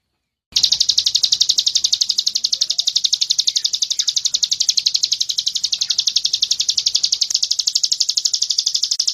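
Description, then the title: Bird producing a dense, buzzy high trill of quick even pulses, unbroken from start to finish after a short silent lead-in. Masteran song, made for training songbirds. "Suara masteran Burung"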